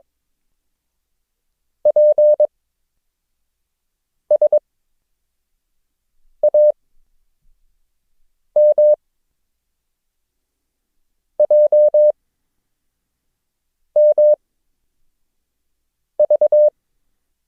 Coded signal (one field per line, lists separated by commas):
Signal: Morse code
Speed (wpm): 22 wpm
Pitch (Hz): 600 Hz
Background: none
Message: P S A M J M V